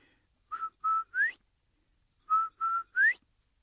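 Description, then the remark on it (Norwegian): Clear whistling, depicting Quail whistling on Turtle's whistle in a Cherokee story: a three-note phrase of two steady, level notes followed by a higher note sliding upward, whistled twice with a short pause between. No one speaks. “Okay, Quail, now give my whistle back.”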